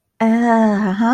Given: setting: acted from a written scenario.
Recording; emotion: vocal sound without words; guilt